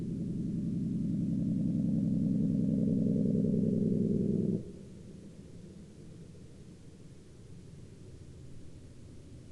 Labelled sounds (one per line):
truck